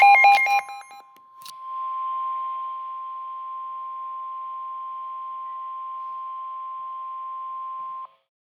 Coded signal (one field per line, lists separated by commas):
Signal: Emergency Alert System (SAME) tones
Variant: 1050 Hz attention tone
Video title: EAS Catch #6 | Special Marine Warning | Augest 3rd, 2024